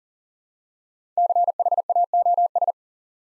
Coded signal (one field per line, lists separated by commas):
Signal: Morse code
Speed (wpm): 42 wpm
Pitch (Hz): 700 Hz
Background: none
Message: CHAOS